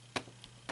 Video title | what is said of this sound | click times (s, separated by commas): Transformers Age of extinction Deluxe Class Dinobot Scorn,Toy Review by ToyHound | that clicks into place | 0.2 s